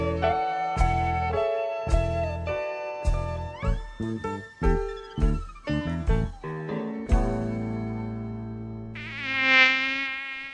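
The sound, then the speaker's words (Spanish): Bright, punchy musical chords play, then after a short sustained note the high, whining buzz of a dengue-transmitting mosquito swells up on its own and fades out at the end. “El mosquito que transmite el dengue vive en el agua clara que parece limpia y se junta en las gomas, los tachos, los aljibes, cacharros, chapas acanaladas que juntan agua, tanques de agua sin tapa y floreros.”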